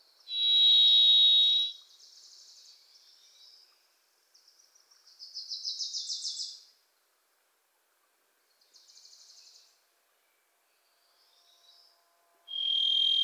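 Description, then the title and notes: Varied thrush song with two long, buzzing whistled notes, one opening and one closing the passage, while a rapid, rising chatter from another bird fills the middle. Pacific Northwest forest; a Wilson's Warbler sings alongside, as if urging the thrush to come forward. "The Varied Thrush, Ixoreus naevius, is a wisp in the forests of the Pacific Northwest."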